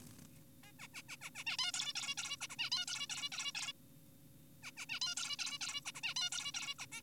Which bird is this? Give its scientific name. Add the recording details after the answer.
Taeniopygia guttata. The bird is an adult. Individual g4p5U